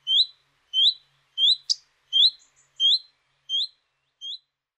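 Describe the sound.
Redstart giving clear upslurred whistles, seven notes in under five seconds, with one sharp tick after the third.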